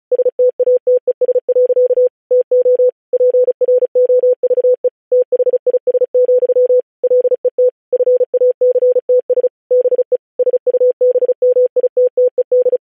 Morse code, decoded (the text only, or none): STATES. TO PROVE THIS, LET FACTS BE SUBMITTED